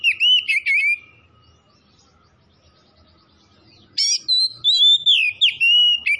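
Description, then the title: Oriental magpie-robin song: loud fluting whistles and short trills, a silent stretch of about three seconds, then a lively run of sliding whistled notes. Tretes; singing vigorously (gacor). "Kacer Tretes Gacor"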